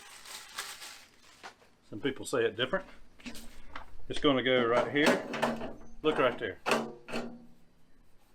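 A metal chimney is fitted onto a Big Horn pellet pizza oven, rubbed and twisted into position while someone talks. Short scrapes and knocks of the metal are heard around 0.6, 3.2 and 3.8 seconds. Nothing has locked or clicked into place yet.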